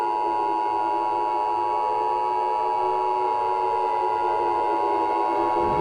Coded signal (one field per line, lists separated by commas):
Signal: Emergency Alert System (SAME) tones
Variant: 853 and 960 Hz attention tone